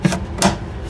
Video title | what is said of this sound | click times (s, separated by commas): How To Install a Bath Faucet - Step-by-step | then connect the other ends to the hot and cold side you want to listen for this click when you put it in place | 0.4 s